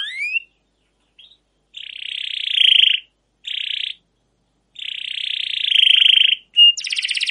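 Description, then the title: Canary song with several buzzy rolled trills separated by short silences, ending in a quick chattering trill and rapid sweeping notes. Long 'gacor' canary song with 'cuit cuit' notes and 'ngerol' rolling trills, used as master lure material to train and prompt other canaries. "CUIT CUIT NGEROL LANGSUNG GACOR PANJANG Kenari Utk Pancingan KENAR. Masteran Suara Burung Kenari Gacor Panjang cuit cuit Ngerol untuk Pancingan Kenari"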